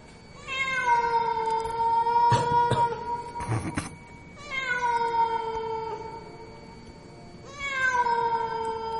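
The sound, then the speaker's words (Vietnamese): A cat gives three long, drawn-out yowling meows at a graveside under a suddenly darkening sky, each wavering and slowly falling in pitch, loud and eerie, with a few sharp noisy bursts between the first and second cries. “Ấy thế rồi có tiếng gì vang vọng vang lên, nghe nó kinh lắm. Là tiếng con mèo nó kêu.”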